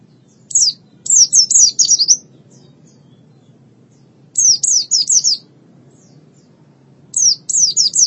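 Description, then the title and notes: White-eye giving three bursts of high, quick, descending chirps, each of four to eight notes, spaced about three seconds apart, against a soft low hum. "Kicauan Burung Pleci Durasi Panjang. Suara kicauan burung pleci"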